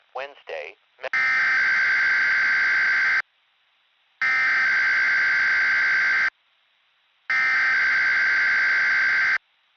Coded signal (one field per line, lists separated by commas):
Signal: Emergency Alert System (SAME) tones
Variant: header bursts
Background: speech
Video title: [EAS 1-2] RWT and RMT on XMJ225